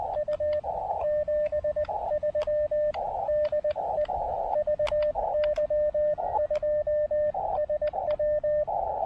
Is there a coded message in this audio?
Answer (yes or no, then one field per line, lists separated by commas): yes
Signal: Morse code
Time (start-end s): 0.2-8.6 s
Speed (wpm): 20 wpm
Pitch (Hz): 590 Hz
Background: radio noise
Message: U 73 DE VY2SW